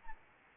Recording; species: mosquito wingbeat signal from an infrared sensor; Anopheles arabiensis